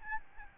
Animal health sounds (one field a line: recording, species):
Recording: mosquito wingbeat signal from an infrared sensor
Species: Aedes albopictus